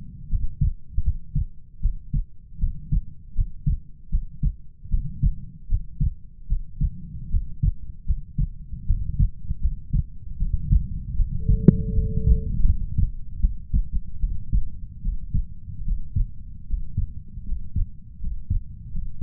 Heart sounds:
heart sounds by stethoscope; 77 bpm
0.28 s: heartbeat
1.02 s: heartbeat
1.80 s: heartbeat
2.58 s: heartbeat
3.34 s: heartbeat
4.09 s: heartbeat
4.89 s: heartbeat
5.67 s: heartbeat
6.47 s: heartbeat
7.29 s: heartbeat
8.05 s: heartbeat
8.85 s: heartbeat
9.60 s: heartbeat
10.37 s: heartbeat
11.15 s: heartbeat
11.93 s: heartbeat
12.64 s: heartbeat
13.40 s: heartbeat
14.19 s: heartbeat
15.02 s: heartbeat
15.85 s: heartbeat
16.67 s: heartbeat
17.45 s: heartbeat
18.20 s: heartbeat
18.91 s: heartbeat
From the record:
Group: healthy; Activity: rest 0-14 s, Valsalva maneuver 14-19 s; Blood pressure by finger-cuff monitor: 86/55 mmHg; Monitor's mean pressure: 66 mmHg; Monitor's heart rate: 77 bpm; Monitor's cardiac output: 6.6 L/min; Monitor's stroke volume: 87 mL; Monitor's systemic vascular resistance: 710 dyn s/cm5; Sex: female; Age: 19 years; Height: 163 cm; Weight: 48.9 kg

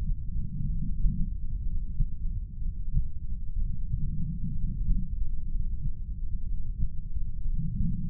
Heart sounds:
heart sounds by stethoscope; 62 bpm
0.68 s: heartbeat
1.65 s: heartbeat
2.60 s: heartbeat
3.57 s: heartbeat
4.53 s: heartbeat
5.50 s: heartbeat
6.46 s: heartbeat
7.44 s: heartbeat
From the record:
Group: heart failure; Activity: rest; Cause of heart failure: non-ischemic cardiomyopathy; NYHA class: 1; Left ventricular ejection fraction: 25%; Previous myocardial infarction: absent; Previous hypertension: absent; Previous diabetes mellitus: absent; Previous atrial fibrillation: present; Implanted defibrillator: absent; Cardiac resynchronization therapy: absent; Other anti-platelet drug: absent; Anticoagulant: apixaban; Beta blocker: bisoprolol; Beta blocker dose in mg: 7.5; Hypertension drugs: sacubitril-valsartan, spironolactone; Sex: male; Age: 48 years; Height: 183 cm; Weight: 96 kg

